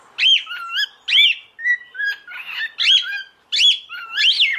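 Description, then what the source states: Cockatiel whistles in short phrases, each an upswept arch dropping to a flatter held note, a new phrase roughly every half second to second, with a brief rougher chirp in the middle. Several cockatiels (plural) singing a whistle.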